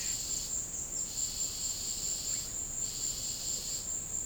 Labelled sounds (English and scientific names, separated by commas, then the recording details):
none
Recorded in secondary vegetation near Puerto Asís, Putumayo, Colombia, on 20 December 2024 at 15:30
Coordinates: 0.489, -76.322
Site G059